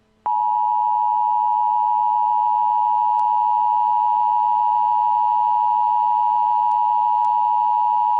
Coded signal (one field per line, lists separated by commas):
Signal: Emergency Alert System (SAME) tones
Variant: 853 and 960 Hz attention tone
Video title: EAS in Television: "Under the Dome"